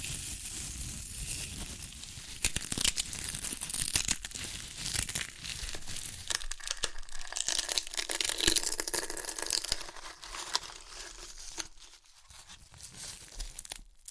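Crunchy chips being crushed and eaten, a dense run of crisp crackling and crinkling with sharp snaps scattered throughout. A low rumble underlies the first six seconds, then drops away, leaving brighter, sparser crunches that thin out near the end.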